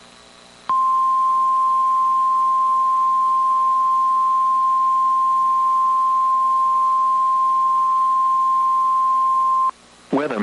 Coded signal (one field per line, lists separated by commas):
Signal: Emergency Alert System (SAME) tones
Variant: 1050 Hz attention tone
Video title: 6/22/22 - Severe Thunderstorm Watch #402 on KIH35 (EAS #554)